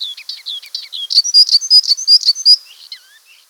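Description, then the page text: Icterine warbler song: a fast, high phrase of varied chirps and slurred notes, then a run of loud repeated bright notes, fading into soft twitters. "Icterine Warbler Song. Quick Sounds"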